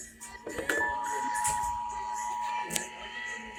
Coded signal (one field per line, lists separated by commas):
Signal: Emergency Alert System (SAME) tones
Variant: 853 and 960 Hz attention tone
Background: music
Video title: SPECIAL GUEST APPEARANCE! EAS Tests from May 2023